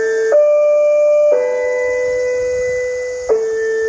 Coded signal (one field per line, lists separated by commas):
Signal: two-tone page